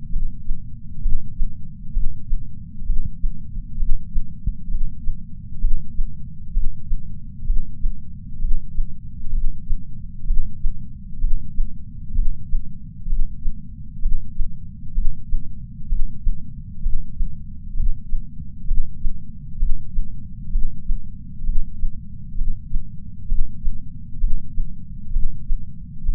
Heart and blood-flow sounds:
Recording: heart sounds by patch sensor on the chest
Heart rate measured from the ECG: 65 bpm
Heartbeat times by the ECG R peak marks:
0.13 s: heartbeat
1.03 s: heartbeat
1.95 s: heartbeat
2.87 s: heartbeat
3.80 s: heartbeat
4.72 s: heartbeat
5.62 s: heartbeat
6.55 s: heartbeat
7.48 s: heartbeat
8.42 s: heartbeat
9.35 s: heartbeat
10.28 s: heartbeat
11.22 s: heartbeat
12.16 s: heartbeat
13.10 s: heartbeat
14.03 s: heartbeat
14.96 s: heartbeat
15.90 s: heartbeat
16.84 s: heartbeat
17.78 s: heartbeat
18.69 s: heartbeat
19.60 s: heartbeat
20.53 s: heartbeat
21.47 s: heartbeat
22.39 s: heartbeat
23.30 s: heartbeat
24.22 s: heartbeat
25.14 s: heartbeat
26.06 s: heartbeat
From the record:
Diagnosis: coronary artery disease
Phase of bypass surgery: preoperative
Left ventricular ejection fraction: 62.1%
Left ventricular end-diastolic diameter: 45 mm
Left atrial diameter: 40 mm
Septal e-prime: 8 cm/s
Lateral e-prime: 10 cm/s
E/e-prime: 5.6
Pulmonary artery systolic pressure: 22 mmHg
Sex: male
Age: 60 years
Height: 170 cm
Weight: 67 kg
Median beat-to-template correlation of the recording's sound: 0.93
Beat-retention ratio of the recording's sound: 1.00

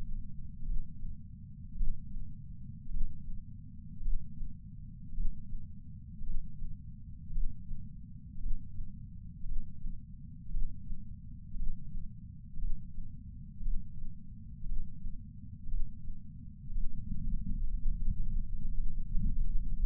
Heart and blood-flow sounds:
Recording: heart sounds by patch sensor on the chest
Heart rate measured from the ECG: 57 bpm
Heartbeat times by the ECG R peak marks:
0.65 s: heartbeat
1.76 s: heartbeat
2.90 s: heartbeat
4.01 s: heartbeat
5.13 s: heartbeat
6.22 s: heartbeat
7.31 s: heartbeat
8.38 s: heartbeat
9.44 s: heartbeat
10.50 s: heartbeat
11.55 s: heartbeat
12.58 s: heartbeat
13.61 s: heartbeat
14.65 s: heartbeat
15.67 s: heartbeat
16.71 s: heartbeat
17.74 s: heartbeat
18.74 s: heartbeat
19.73 s: heartbeat
From the record:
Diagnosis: coronary artery disease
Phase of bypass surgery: intraoperative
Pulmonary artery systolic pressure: 28 mmHg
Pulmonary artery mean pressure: 14 mmHg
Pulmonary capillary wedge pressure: 11 mmHg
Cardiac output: 5.5 L/min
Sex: male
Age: 57 years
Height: 175 cm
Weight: 80 kg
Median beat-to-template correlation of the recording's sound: 0.94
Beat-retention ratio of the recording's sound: 0.97

